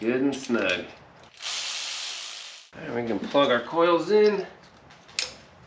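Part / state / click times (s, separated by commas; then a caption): ignition coil connector onto ignition coil / seated / 5.2 s. Someone talks while working on the engine of a 2004–2009 Toyota Prius; after the ignition coil bolts are snugged, the electrical connector is pushed onto an ignition coil. A broadband hiss fills about 1.4 to 2.7 seconds, and a sharp, short click at 5.2 seconds marks the connector seating on the coil.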